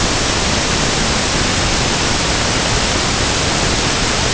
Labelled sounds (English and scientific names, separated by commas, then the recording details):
none
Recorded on Arctic tundra, site UTQI-5, on 21 June 2018
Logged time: 06:00